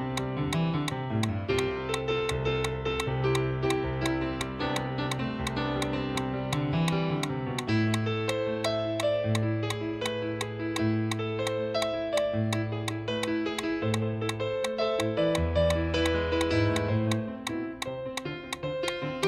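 A metronome ticks at a running cadence of about 170 beats per minute, sharp bright clicks evenly spaced throughout. Underneath plays steady music with a deep bass line and sustained chords, shifting to a new passage around eight seconds in.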